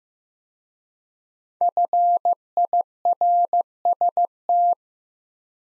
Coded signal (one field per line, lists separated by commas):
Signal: Morse code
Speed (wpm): 15 wpm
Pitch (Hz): 700 Hz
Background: none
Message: FIRST